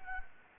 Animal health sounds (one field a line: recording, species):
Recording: mosquito wingbeat signal from an infrared sensor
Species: Anopheles gambiae